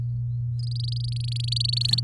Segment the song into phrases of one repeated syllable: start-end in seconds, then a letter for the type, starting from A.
0.59-2.00 A